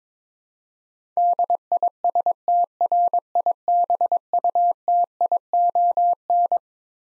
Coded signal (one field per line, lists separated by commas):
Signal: Morse code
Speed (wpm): 21 wpm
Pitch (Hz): 700 Hz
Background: none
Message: DISTRIBUTION